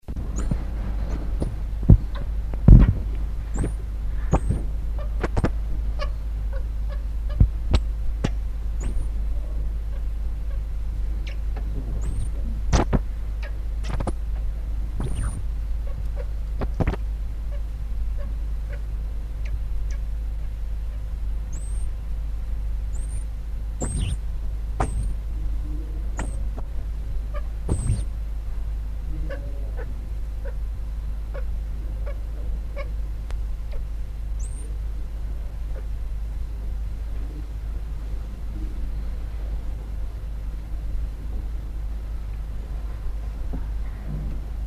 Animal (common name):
Common Squirrel Monkey